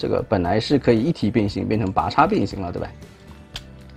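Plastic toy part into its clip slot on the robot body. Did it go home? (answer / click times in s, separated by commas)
yes / 3.6 s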